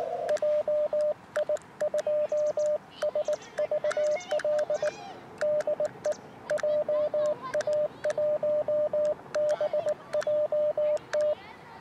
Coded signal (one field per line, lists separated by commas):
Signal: Morse code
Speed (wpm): 19 wpm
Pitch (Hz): 600 Hz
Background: radio noise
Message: JI2SVL DE JA1BJT